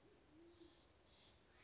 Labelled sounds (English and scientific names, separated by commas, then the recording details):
Band-tailed Pigeon (Patagioenas fasciata)
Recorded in Sonoma County, California